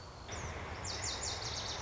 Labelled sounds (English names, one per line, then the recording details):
Lazuli Bunting
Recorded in Sonoma County, California